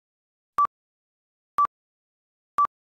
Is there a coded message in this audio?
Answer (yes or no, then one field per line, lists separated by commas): no